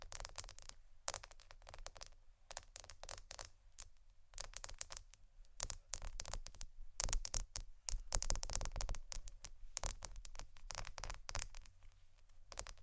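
Crystals, prisms and quartz pieces clink and rattle against one another in a dense, irregular stream of sharp, bright ticks. The clicking never stops for the full length, bunching into busier clusters around the seventh and eighth seconds, over a faint low rumble.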